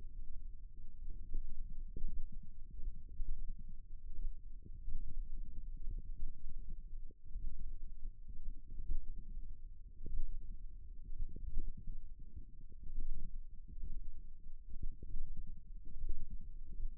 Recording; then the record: forearm muscle sounds (acoustic myography)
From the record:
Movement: thumb flexion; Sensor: system 1, eight BSWA MPA416 microphones around the upper forearm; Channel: 8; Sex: female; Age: 21 years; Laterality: right